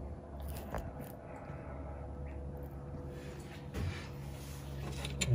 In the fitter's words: uh you poke this little clip right in there and then it snaps right into that hole